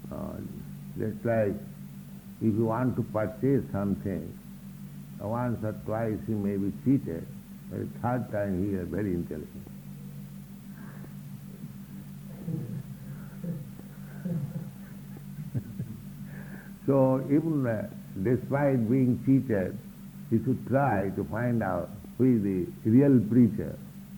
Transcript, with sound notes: Just like if you want to purchase something, once or twice you may be cheated. A third time, you are very intelligent. [chuckles] So even despite being cheated, you should try to find out who is the real preacher.